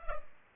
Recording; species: mosquito wingbeat signal from an infrared sensor; Culex pipiens